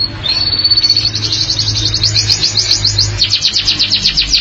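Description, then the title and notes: Canary song: a long run of fast buzzy trilled notes, high and even, with a low steady hum underneath. "BM Suara Kenari. BM Suara Burung Kenari"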